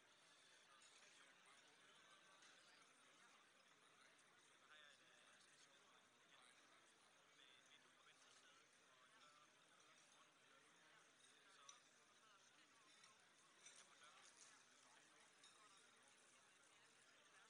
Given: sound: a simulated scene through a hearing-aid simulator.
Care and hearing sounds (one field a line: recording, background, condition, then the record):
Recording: conversation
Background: cafeteria (anchor of the quiet scene)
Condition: -6 dB SNR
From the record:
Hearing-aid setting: anchor resembling a broken hearing aid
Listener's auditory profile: D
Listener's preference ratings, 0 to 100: 0, 0, 1